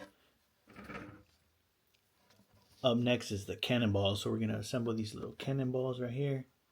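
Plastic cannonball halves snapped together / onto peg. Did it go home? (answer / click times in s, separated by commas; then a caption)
no / none. Small plastic cannonball halves for a vintage Pirates of Dark Water Wraith Attack Ship toy are handled before being snapped together onto a peg; they must be twisted to find the grooves. A brief soft sound is heard near 1 second, then someone talks for the rest of the clip. Nothing has seated or clicked into place yet.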